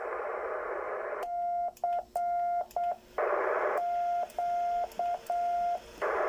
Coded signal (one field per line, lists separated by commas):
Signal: Morse code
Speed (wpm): 8 wpm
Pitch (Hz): 700 Hz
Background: radio noise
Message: CQ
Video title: ARRL June VHF Contest 2023 : On Air. Band & Propagation Report Recap. Radio Sport. Yaesu FT-857D.